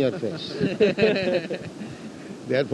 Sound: laughter

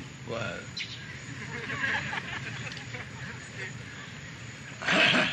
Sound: laughter

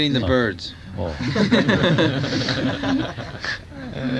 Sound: laughter

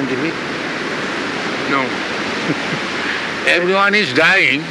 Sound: chuckles

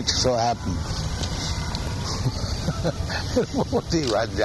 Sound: laughs

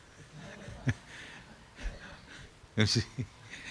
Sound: laughs

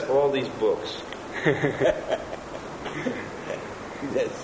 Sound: laughs

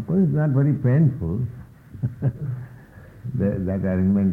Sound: chuckles

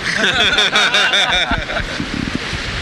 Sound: laughter

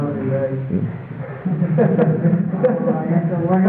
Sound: laughter

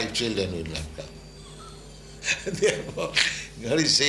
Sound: laughs

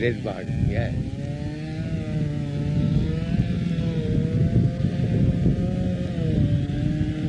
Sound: loud sound of a chain saw in the background

